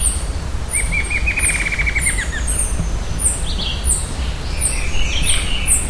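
Bird calls: a warbled whistle early on and repeated high chirps throughout, with continuous low-frequency background noise.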